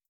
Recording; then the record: hydrophone in a shrimp aquaculture tank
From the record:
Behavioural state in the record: starved